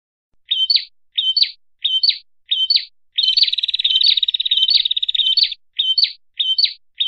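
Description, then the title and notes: Bird song of short, high chirped phrases repeated roughly every two-thirds of a second, broken by a rapid buzzy trill of about two seconds before the phrases return. Masteran training recording, played to teach songbirds their song. "MASTERAN BURUNG. suarane manok"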